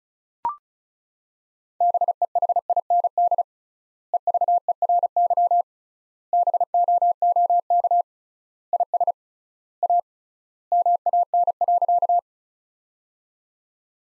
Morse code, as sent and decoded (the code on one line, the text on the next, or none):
-... . .... .. -. -.. / . ...- . .-. -.-- / -... --- --- -.- / .. ... / .- / -- .- -. .-.-.-
BEHIND EVERY BOOK IS A MAN.